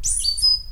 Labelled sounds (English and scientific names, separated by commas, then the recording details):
Stitchbird (Notiomystis cincta) song
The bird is a male
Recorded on Tiritiri Matangi Island, New Zealand, in 2005
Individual 11, of nest box 13